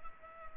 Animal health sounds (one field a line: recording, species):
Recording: mosquito wingbeat signal from an infrared sensor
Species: Culex pipiens